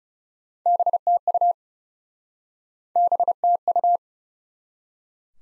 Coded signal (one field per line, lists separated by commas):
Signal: Morse code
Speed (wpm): 40 wpm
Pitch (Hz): 700 Hz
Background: none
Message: BTU BTU